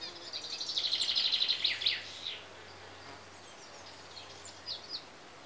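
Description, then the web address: Common chaffinch trill of rapid repeated notes falling into a closing flourish, followed by a few faint high chirps. Chaffinches recorded in Greece. "BBC Sound Effects Library Greece Birds (Chaffinches) And Insects"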